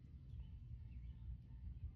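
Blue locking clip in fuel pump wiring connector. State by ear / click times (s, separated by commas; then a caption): not seated / none. A blue locking clip on the plastic wiring connector of a Nissan 350Z/Infiniti G35 next-gen fuel pump assembly upgrade is handled after the wires have been inserted, ready to be pushed down. Only a steady low rumble with faint background noise is heard, with no sharp sounds. Nothing has clicked or seated yet.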